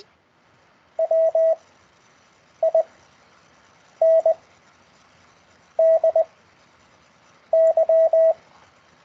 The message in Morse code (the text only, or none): W I N D Y